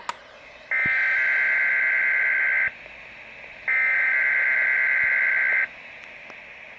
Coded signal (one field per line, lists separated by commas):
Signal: Emergency Alert System (SAME) tones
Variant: header bursts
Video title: XLF322 Glitches out | XLF322 Monthly Test Sequence | (EAS #50-51)